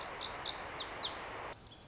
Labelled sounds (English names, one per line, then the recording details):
Lazuli Bunting
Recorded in Sonoma County, California